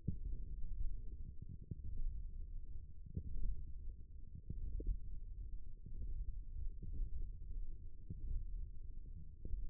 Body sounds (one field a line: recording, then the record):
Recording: forearm muscle sounds (acoustic myography)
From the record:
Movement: radial deviation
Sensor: system 1, eight BSWA MPA416 microphones around the upper forearm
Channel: 7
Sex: male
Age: 18 years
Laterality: right